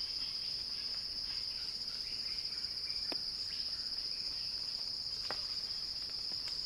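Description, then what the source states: Cicada song, a steady unbroken high buzz held at one pitch throughout, with a few faint clicks. Cicada song described as a crescendo.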